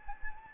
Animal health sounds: mosquito wingbeat signal from an infrared sensor; Anopheles gambiae

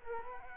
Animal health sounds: mosquito wingbeat signal from an infrared sensor; Culex quinquefasciatus

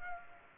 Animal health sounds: mosquito wingbeat signal from an infrared sensor; Culex pipiens

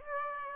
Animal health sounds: mosquito wingbeat signal from an infrared sensor; Aedes aegypti

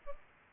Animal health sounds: mosquito wingbeat signal from an infrared sensor; Culex pipiens

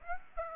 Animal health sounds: mosquito wingbeat signal from an infrared sensor; Aedes aegypti

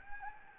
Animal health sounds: mosquito wingbeat signal from an infrared sensor; Anopheles gambiae

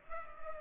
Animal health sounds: mosquito wingbeat signal from an infrared sensor; Culex pipiens

